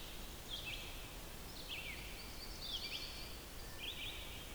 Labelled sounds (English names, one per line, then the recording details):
Red-eyed Vireo song
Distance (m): 85 m
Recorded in boreal forest in Alberta, Canada, on 14 June 2016 at 06:15
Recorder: SongMeter 3, array SBT-3-33
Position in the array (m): 153 m, 177 m